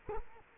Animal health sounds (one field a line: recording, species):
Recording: mosquito wingbeat signal from an infrared sensor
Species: Culex quinquefasciatus